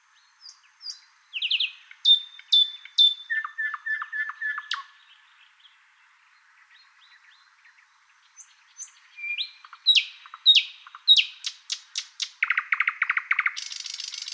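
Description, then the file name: Thrush nightingale song: loud, varied phrases of sharp whistled notes, falling slurs and rapid repeated clicks, separated by a short pause, ending in a fast dry rattling series. "British Library - Thrush Nightingale Luscinia luscinia"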